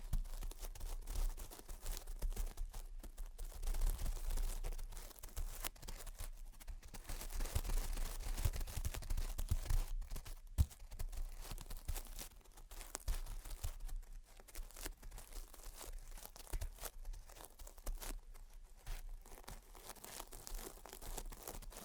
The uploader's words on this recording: Gentle Tapping and Scratching. (No Talking).